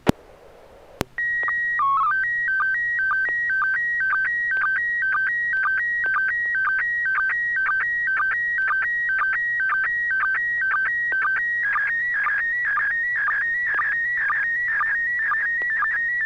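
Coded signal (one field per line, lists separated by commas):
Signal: SSTV (slow-scan television)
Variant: PD 120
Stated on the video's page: SSTV net on an FM repeater on 441.300 MHz in Sacramento, sent with MMSSTV software.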